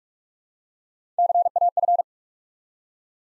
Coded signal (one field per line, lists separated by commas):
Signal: Morse code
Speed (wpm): 44 wpm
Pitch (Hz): 700 Hz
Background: none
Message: CAF